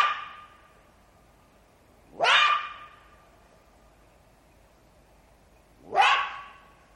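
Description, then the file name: Jackal producing two sharp, rising yelps about four seconds apart, following the ringing tail of an earlier call. "zvuki shakala"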